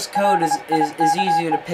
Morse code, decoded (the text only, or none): LIKE